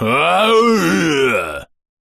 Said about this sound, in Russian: Боевой рев огра, примененный без предупреждения прямо на середине фразы, повесил над Чифу целую гроздь дебафов и забрызгал каплями вонючей слюны.